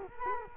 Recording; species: mosquito wingbeat signal from an infrared sensor; Culex quinquefasciatus